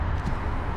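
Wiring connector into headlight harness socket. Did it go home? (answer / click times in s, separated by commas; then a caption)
no / none. A new plastic wiring connector, which fits only one way, is lined up and pushed into the headlight harness socket while fitting black 991-style headlights with oval DRL to a Porsche 911 996 Turbo GT2 (996 MK2, 2nd Gen). A steady low rumble and broadband hiss run throughout with no sharp sounds. The connector has not clicked or seated yet.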